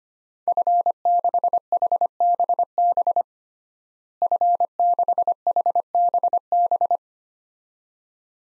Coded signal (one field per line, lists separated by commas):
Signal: Morse code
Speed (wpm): 25 wpm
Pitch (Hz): 700 Hz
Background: none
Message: F6HBB F6HBB